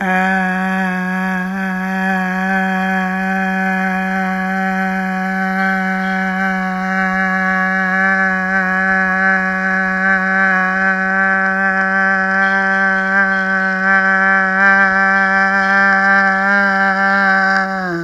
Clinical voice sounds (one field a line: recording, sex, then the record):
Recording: sustained vowel /a/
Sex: female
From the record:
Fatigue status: no fatigue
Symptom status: symptomatic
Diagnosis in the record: COVID-19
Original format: m4a